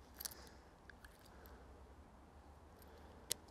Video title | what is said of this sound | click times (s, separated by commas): Verzweifeln wir am Cube Schloss? 🔒😡😖 Acid Rigid 90 im Panzerknacker Test | war nicht nicht ganz drin okay so | 0.3 s